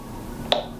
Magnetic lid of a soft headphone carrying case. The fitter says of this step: click magnet